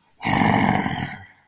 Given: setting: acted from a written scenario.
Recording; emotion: vocal sound without words; anger